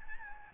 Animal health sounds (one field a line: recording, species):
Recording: mosquito wingbeat signal from an infrared sensor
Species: Aedes albopictus